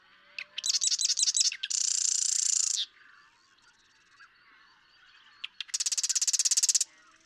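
Marsh Wren song: a run of staccato notes runs straight into a long, dense buzzy rattle, and a second rattle follows after a pause.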